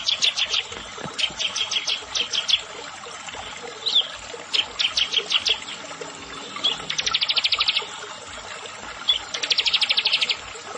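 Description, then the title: Bar-winged prinia song: irregular sharp high ticks at first, then two sustained rapid trills near the end. "Ciblek Sawah"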